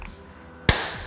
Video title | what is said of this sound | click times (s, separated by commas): Ford Bronco Engine Bay Cap Kit Installation | and you're going to push the cap in until you hear that positive click that you hopefully just heard once | 0.7 s